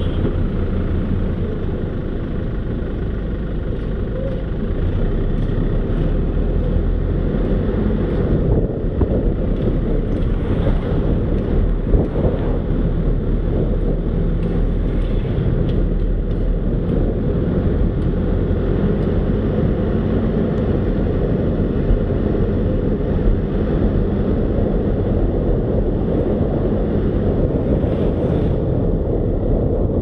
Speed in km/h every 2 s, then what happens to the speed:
1, 3, 10, 15, 16, 16, 18, 19, 22, 24, 27, 30, 31, 31, 30.
0-6 pulls away to 15. 6-13 steady at about 16. 13-23 speeds up to 31. 23-30 steady at about 31.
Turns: none.